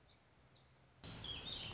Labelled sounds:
Black-throated Gray Warbler
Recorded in Sonoma County, California

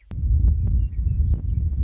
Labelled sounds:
Western Meadowlark
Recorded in Sonoma County, California

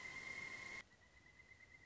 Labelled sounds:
Pileated Woodpecker
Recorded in Sonoma County, California

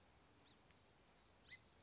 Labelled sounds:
Song Sparrow
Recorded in Sonoma County, California

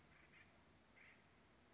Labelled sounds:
Acorn Woodpecker
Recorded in Sonoma County, California

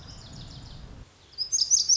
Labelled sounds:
Lazuli Bunting
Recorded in Sonoma County, California

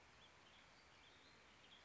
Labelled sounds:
Western Tanager
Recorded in Sonoma County, California

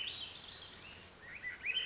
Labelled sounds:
Swainson's Thrush
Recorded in Sonoma County, California

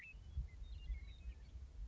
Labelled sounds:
Western Meadowlark
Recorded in Sonoma County, California

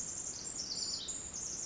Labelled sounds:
Pacific Wren
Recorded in Sonoma County, California

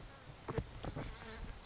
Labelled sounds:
Blue-gray Gnatcatcher
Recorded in Sonoma County, California

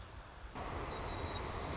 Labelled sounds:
White-crowned Sparrow
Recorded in Sonoma County, California

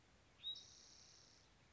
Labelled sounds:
Spotted Towhee
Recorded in Sonoma County, California

